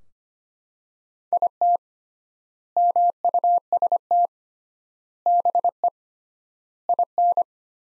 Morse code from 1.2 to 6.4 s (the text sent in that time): IT MUST BE